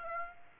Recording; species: mosquito wingbeat signal from an infrared sensor; Aedes aegypti